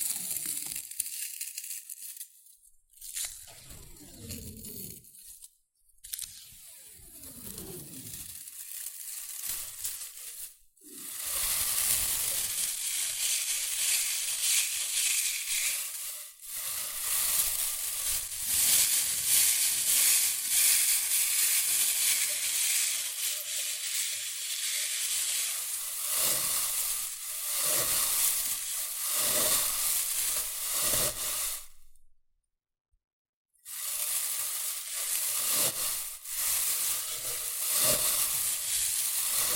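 Shredded tissue and packing peanuts rustle and crinkle in a dense, crackling wash that stays bright and hissy throughout. Short gaps break the sound near 3, 6 and 11 seconds, with a longer silence around 32 seconds, and sharper crunches punctuate the steady rustling.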